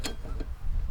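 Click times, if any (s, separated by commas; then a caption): none. A satellite dish mast is handled as it is slid toward its tripod base, which has two spring click buttons. A brief sharp tick sounds at about 0.1 s, followed by faint handling noise. Nothing has seated or clicked into place yet.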